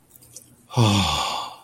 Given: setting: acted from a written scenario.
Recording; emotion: vocal sound without words; serenity